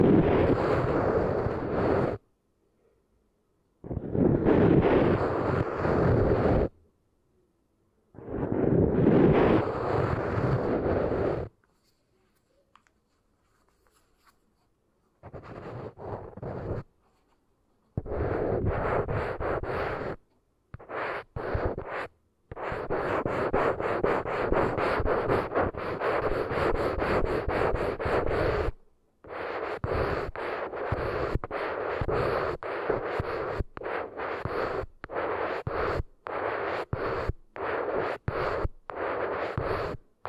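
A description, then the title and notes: Eardrum treatment made of harsh, dense roaring noise that cuts in and out abruptly. Three bursts of about two to three seconds are separated by dead silence, then from around fifteen seconds the noise chops on and off rapidly in short, irregular stutters. ASMR Intense Brain Tingles with Eardrum Treatment (No Talking).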